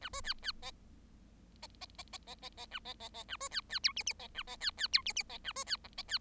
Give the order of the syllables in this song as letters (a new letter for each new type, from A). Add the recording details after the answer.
A B C C D D D D D D D D A D D D A B C C E F F D A D C C E F F D A B C G D C. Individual Bird7